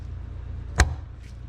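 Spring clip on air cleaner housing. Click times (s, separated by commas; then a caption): 0.8 s. A spring clip on the air cleaner housing of a GM truck is snapped back into place after the air duct assembly is reinstalled. One sharp, bright click sounds at 0.8 s over a low, steady background rumble. The clip is seated.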